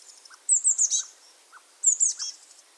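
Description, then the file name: Eurasian blue tit calls in two quick bursts of very high, falling notes, with a few soft lower notes scattered around them. "Cyanistes caeruleus"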